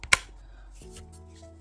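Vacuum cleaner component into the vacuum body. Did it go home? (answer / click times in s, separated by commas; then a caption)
yes / 0.1 s. While assembling a new cordless vacuum cleaner without the manual, a plastic component is pushed onto another plastic part of the vacuum body. A faint tick at 0.0 s is followed by a sharp, loud click at 0.1 s, and then steady low tones continue. The part clicks in and is seated.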